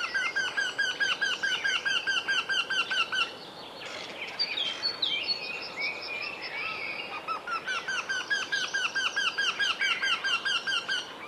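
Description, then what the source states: Eurasian wryneck calls in quick repeated kie notes, which pause midway while other chirps and rustles fill the gap, then resume in a steady run. Call is a series of 'kie, kie, kie, kie' notes; male and female both calling; spring; pair recorded at Nastola on the Arrajoki riverside, a few decades ago.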